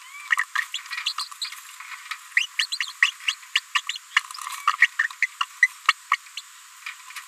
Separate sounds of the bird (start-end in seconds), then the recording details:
0.55-0.57, 0.74-0.78, 1.06-1.13, 1.19-1.24, 1.41-1.45, 2.37-2.46, 2.59-2.66, 3.02-3.11, 3.55-3.60, 3.75-3.81, 3.89-3.95, 4.67-4.71, 4.82-4.87, 5.22-5.26, 5.41-5.43, 5.62-5.67, 5.88-5.92, 6.37-6.41. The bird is a female. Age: 30 days. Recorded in a nest box in Venezuela. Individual 17B73B2